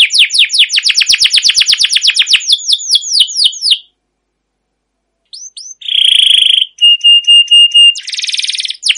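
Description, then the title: Canary song: a rapid trill of falling notes that slows, a pause of silence, a few short notes, then a buzzy steady tone, a thinner steady tone and a harsh rattling burst. Canary song with long rolling trills, used as a lure (pancingan) and training master recording for other canaries. "CUIT CUIT NGEROL LANGSUNG GACOR PANJANG Kenari Ini AMPUH Utk Pancingan KENAR. Masteran Suara Burung Kenari Gacor Panjang cuit cuit Ngerol untuk Pancingan Kenari!"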